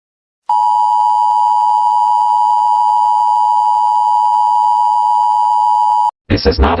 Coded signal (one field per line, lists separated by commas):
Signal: Emergency Alert System (SAME) tones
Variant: 853 and 960 Hz attention tone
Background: speech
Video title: EAS scenario - Ventura County isn't real